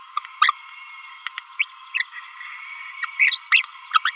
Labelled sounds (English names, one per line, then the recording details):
Green-rumped Parrotlet babbling
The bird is a male
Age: 27 days
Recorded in a nest box in Venezuela
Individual 17B31A2